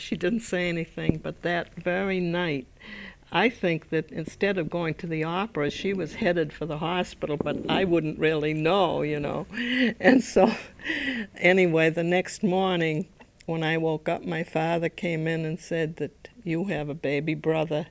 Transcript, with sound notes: She didn't say anything but that very night, I think that instead of going to the opera, she was headed for the hospital. But I wouldn't really know, you know. (she laughs) Anyway, the next morning when I woke up my father came in and said that you have a baby brother.